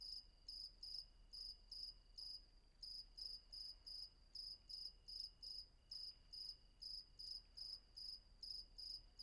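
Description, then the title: Cricket chirping in rhythmic bursts of high pulses, with a short gap around two seconds, over a faint steady high whine. Night ambience with crickets at Vagia, Patmos, Greece; recorded with a Fostex FR-2 and an MKH800 microphone. "Patmos, Vagia, Griechenland - Nachtsimmung 03, Grillen"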